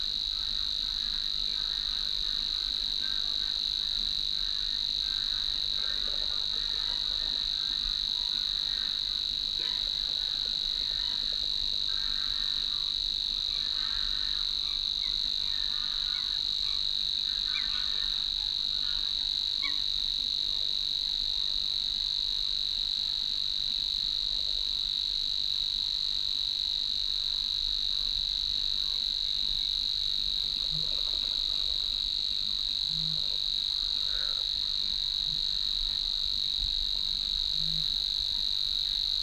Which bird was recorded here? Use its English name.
Savi's Warbler